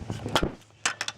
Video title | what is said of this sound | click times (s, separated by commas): 2003 Acura CL Type S (I can haz gears again?) | and then the lock will just snap in. | 0.9 s